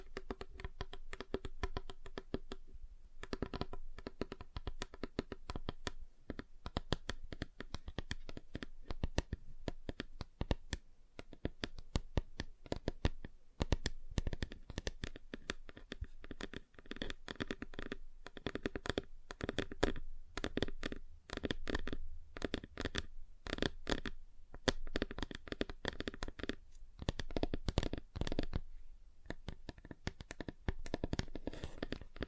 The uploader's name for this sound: Table Tapping Different Surfaces